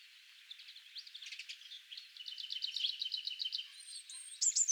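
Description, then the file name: Eurasian blue tit giving a long run of quick, slightly buzzy repeated notes that swell, ending with a thin high whistle and a short bright flourish. "Cyanistes caeruleus"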